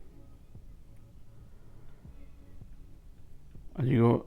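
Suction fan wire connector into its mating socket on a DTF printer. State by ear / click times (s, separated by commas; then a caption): not seated / none. A suction fan's plastic wire connector on a DTF printer is oriented and lined up with its mating socket after the pattern is checked to find the right side, with faint low handling noise throughout and someone talking near the end. Nothing has seated or clicked yet; the connector is only lined up for insertion.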